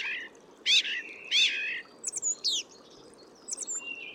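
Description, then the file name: Eurasian blackbird giving two loud scratchy notes, then thin high chirps and a short twitter, against a faint steady hiss. "Turdus merula"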